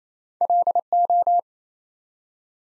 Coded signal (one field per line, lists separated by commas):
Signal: Morse code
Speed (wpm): 29 wpm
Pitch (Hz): 700 Hz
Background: none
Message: LO